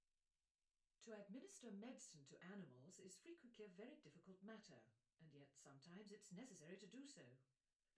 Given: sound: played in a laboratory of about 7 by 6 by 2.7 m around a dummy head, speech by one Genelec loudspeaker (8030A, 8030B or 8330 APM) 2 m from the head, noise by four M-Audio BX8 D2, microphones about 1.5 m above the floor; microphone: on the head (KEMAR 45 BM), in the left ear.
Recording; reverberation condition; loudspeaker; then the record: female speech in English; low; 60 degrees to the right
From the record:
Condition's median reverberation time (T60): about 310 ms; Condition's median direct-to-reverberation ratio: about 3.5 dB